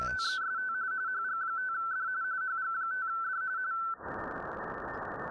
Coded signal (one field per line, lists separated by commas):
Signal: RTTY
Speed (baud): 45.45 baud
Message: TEST HG5D HG5D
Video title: Testing the RTL-SDR v4